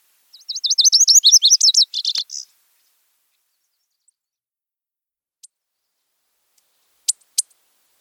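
Lazuli bunting song: one bright phrase of rapid slurred high notes that ends buzzy, followed by near silence with a few sharp ticks later on.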